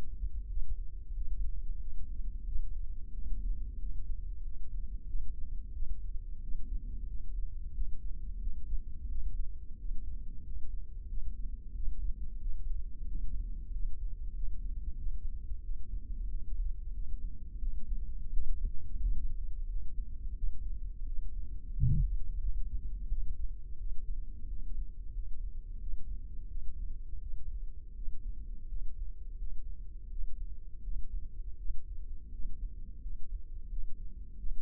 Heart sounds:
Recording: heart sounds by microphone in the left ear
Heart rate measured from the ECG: 89 bpm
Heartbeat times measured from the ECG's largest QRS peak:
0.50 s: heartbeat
1.17 s: heartbeat
1.82 s: heartbeat
2.48 s: heartbeat
3.15 s: heartbeat
3.81 s: heartbeat
4.46 s: heartbeat
5.09 s: heartbeat
5.76 s: heartbeat
6.43 s: heartbeat
7.10 s: heartbeat
7.76 s: heartbeat
8.43 s: heartbeat
9.11 s: heartbeat
9.80 s: heartbeat
10.46 s: heartbeat
11.11 s: heartbeat
11.76 s: heartbeat
12.42 s: heartbeat
13.09 s: heartbeat
13.74 s: heartbeat
14.37 s: heartbeat
15.00 s: heartbeat
15.65 s: heartbeat
16.31 s: heartbeat
16.96 s: heartbeat
17.62 s: heartbeat
18.32 s: heartbeat
19.03 s: heartbeat
19.70 s: heartbeat
20.37 s: heartbeat
21.07 s: heartbeat
21.76 s: heartbeat
22.43 s: heartbeat
23.11 s: heartbeat
23.80 s: heartbeat
24.50 s: heartbeat
25.15 s: heartbeat
25.82 s: heartbeat
26.50 s: heartbeat
27.22 s: heartbeat
27.97 s: heartbeat
28.70 s: heartbeat
29.40 s: heartbeat
30.12 s: heartbeat
30.84 s: heartbeat
31.59 s: heartbeat
32.33 s: heartbeat
33.03 s: heartbeat
33.72 s: heartbeat
34.39 s: heartbeat
From the record:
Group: healthy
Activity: rest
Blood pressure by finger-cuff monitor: 152/88 mmHg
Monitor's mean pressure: 109 mmHg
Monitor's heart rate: 89 bpm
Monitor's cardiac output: 7.6 L/min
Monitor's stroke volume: 86 mL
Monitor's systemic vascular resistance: 1080 dyn s/cm5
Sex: male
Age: 21 years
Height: 175 cm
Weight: 72.6 kg

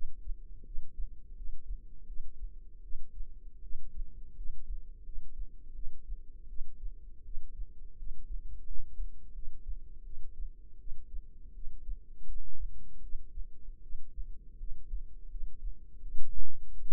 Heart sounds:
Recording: heart sounds by microphone in the left ear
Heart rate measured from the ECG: 82 bpm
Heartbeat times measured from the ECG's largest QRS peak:
0.64 s: heartbeat
1.35 s: heartbeat
2.06 s: heartbeat
2.82 s: heartbeat
3.61 s: heartbeat
4.35 s: heartbeat
5.04 s: heartbeat
5.74 s: heartbeat
6.48 s: heartbeat
7.24 s: heartbeat
7.97 s: heartbeat
8.65 s: heartbeat
9.33 s: heartbeat
10.04 s: heartbeat
10.78 s: heartbeat
11.53 s: heartbeat
12.26 s: heartbeat
13.01 s: heartbeat
13.82 s: heartbeat
14.58 s: heartbeat
15.29 s: heartbeat
16.01 s: heartbeat
16.72 s: heartbeat
From the record:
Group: healthy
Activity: cold pressor test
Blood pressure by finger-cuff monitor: 76/40 mmHg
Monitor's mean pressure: 55 mmHg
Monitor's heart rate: 81 bpm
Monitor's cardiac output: 8.4 L/min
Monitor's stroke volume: 102 mL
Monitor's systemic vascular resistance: 450 dyn s/cm5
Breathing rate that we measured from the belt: 18 breaths a minute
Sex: female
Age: 22 years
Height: 161 cm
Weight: 65.5 kg

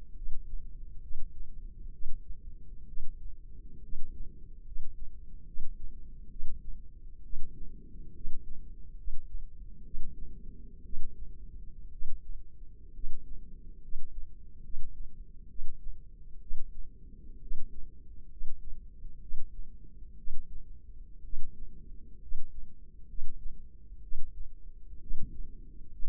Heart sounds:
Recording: heart sounds by microphone in the left ear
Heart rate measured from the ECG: 65 bpm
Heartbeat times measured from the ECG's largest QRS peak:
0.17 s: heartbeat
1.04 s: heartbeat
1.95 s: heartbeat
2.89 s: heartbeat
3.85 s: heartbeat
4.68 s: heartbeat
5.49 s: heartbeat
6.32 s: heartbeat
7.25 s: heartbeat
8.17 s: heartbeat
8.99 s: heartbeat
9.86 s: heartbeat
10.86 s: heartbeat
11.93 s: heartbeat
12.96 s: heartbeat
13.84 s: heartbeat
14.65 s: heartbeat
15.51 s: heartbeat
16.43 s: heartbeat
17.43 s: heartbeat
18.32 s: heartbeat
19.23 s: heartbeat
20.19 s: heartbeat
21.25 s: heartbeat
22.23 s: heartbeat
23.10 s: heartbeat
24.04 s: heartbeat
25.03 s: heartbeat
25.94 s: heartbeat
From the record:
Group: healthy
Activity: rest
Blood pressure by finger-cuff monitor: 138/76 mmHg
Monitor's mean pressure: 95 mmHg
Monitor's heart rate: 68 bpm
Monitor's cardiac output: 8.6 L/min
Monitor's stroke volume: 128 mL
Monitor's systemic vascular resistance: 820 dyn s/cm5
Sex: male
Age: 30 years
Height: 188 cm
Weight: 110.2 kg

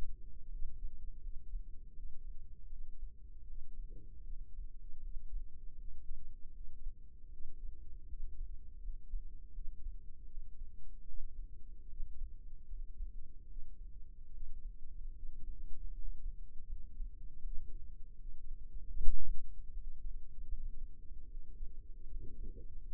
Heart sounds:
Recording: heart sounds by microphone in the left ear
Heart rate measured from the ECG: 78 bpm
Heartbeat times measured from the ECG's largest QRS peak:
0.51 s: heartbeat
1.23 s: heartbeat
1.95 s: heartbeat
2.71 s: heartbeat
3.48 s: heartbeat
4.28 s: heartbeat
5.04 s: heartbeat
5.78 s: heartbeat
6.54 s: heartbeat
7.31 s: heartbeat
8.10 s: heartbeat
8.83 s: heartbeat
9.55 s: heartbeat
10.29 s: heartbeat
11.06 s: heartbeat
11.90 s: heartbeat
12.69 s: heartbeat
13.49 s: heartbeat
14.33 s: heartbeat
15.15 s: heartbeat
15.95 s: heartbeat
16.69 s: heartbeat
17.43 s: heartbeat
18.19 s: heartbeat
18.97 s: heartbeat
19.74 s: heartbeat
20.50 s: heartbeat
21.28 s: heartbeat
22.09 s: heartbeat
22.91 s: heartbeat
From the record:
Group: healthy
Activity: cold pressor test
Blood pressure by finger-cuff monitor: 108/71 mmHg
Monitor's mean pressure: 83 mmHg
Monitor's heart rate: 78 bpm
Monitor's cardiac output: 6.8 L/min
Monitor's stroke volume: 87 mL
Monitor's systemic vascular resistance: 880 dyn s/cm5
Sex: male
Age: 22 years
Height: 181 cm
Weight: 79 kg

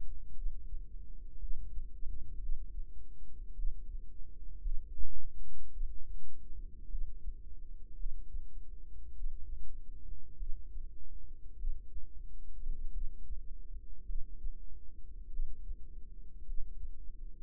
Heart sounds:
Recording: heart sounds by microphone in the right ear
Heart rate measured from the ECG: 52 bpm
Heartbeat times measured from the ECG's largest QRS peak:
0.35 s: heartbeat
1.40 s: heartbeat
2.40 s: heartbeat
3.56 s: heartbeat
4.62 s: heartbeat
5.72 s: heartbeat
6.90 s: heartbeat
7.97 s: heartbeat
9.15 s: heartbeat
10.37 s: heartbeat
11.58 s: heartbeat
12.92 s: heartbeat
14.06 s: heartbeat
15.30 s: heartbeat
16.45 s: heartbeat
From the record:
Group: healthy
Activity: rest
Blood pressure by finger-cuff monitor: 106/64 mmHg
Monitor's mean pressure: 79 mmHg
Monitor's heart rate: 53 bpm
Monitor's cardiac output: 5.1 L/min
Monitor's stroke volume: 93 mL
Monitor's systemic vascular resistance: 1120 dyn s/cm5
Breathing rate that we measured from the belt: 20 breaths a minute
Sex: female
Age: 28 years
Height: 170 cm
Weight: 77 kg

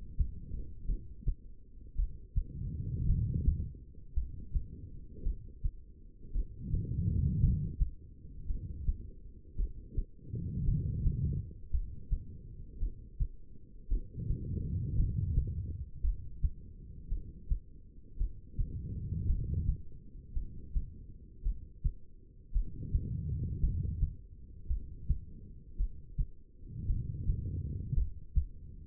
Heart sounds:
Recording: heart sounds by stethoscope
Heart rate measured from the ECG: 55 bpm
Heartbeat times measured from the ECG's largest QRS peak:
0.86 s: heartbeat
1.96 s: heartbeat
3.06 s: heartbeat
4.14 s: heartbeat
5.23 s: heartbeat
6.32 s: heartbeat
7.40 s: heartbeat
8.46 s: heartbeat
9.56 s: heartbeat
10.64 s: heartbeat
11.71 s: heartbeat
12.79 s: heartbeat
13.88 s: heartbeat
14.96 s: heartbeat
16.01 s: heartbeat
17.08 s: heartbeat
18.17 s: heartbeat
19.26 s: heartbeat
20.33 s: heartbeat
21.43 s: heartbeat
22.52 s: heartbeat
23.60 s: heartbeat
24.67 s: heartbeat
25.77 s: heartbeat
26.86 s: heartbeat
27.94 s: heartbeat
From the record:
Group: heart failure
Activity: rest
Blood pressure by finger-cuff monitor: 83/62 mmHg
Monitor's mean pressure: 70 mmHg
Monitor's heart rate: 56 bpm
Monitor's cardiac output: 2.6 L/min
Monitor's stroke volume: 47 mL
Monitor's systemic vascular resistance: 1900 dyn s/cm5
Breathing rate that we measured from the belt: 15 breaths a minute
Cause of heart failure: non-ischemic cardiomyopathy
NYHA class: 1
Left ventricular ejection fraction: 52%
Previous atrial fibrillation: present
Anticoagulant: apixaban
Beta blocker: bisoprolol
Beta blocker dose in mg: 10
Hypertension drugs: sacubitril-valsartan, spironolactone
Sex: female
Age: 68 years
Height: 169 cm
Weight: 71 kg

